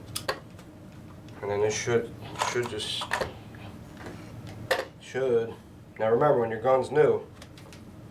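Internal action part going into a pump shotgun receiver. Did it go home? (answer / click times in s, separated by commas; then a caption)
no / none. During reassembly of a Mossberg 590 A1 pump shotgun, a metal internal action part is being worked into the receiver while the action bars are held so they don't slide out. Someone talks over a few sharp handling taps and soft metal contact sounds. Nothing has seated or snapped in yet by the end of the clip.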